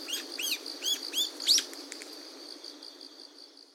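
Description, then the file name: Brown-eared bulbul uttering a quick run of arched, screechy notes that fade out, with faint insect whirring continuing behind. Recorded at Hino on 2021-10-06. "hiyodori 211006 hino"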